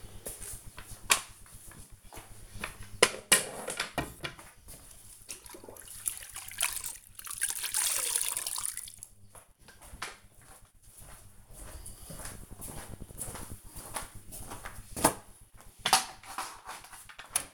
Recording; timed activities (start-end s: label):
household activities, microphone on the right wrist
0.00-17.54 s: floor cleaning